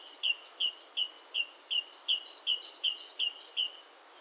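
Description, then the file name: Great tit song, a brisk string of many two-note phrases, a high note dropping to a lower one, evenly repeated. "Parus major"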